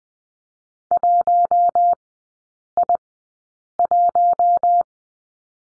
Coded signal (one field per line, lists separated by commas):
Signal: Morse code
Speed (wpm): 19 wpm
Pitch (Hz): 700 Hz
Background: none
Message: 1I1